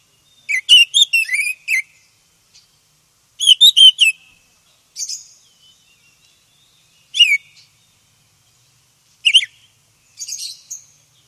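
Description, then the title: Oriental magpie-robin delivering varied whistled and chirped phrases separated by pauses of one to two seconds. "KACER HITAM"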